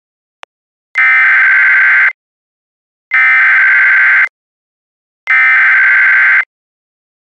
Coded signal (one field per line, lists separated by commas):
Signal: Emergency Alert System (SAME) tones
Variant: header bursts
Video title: EAS Scenario: Everybody's Fear Part 3 (The Finale)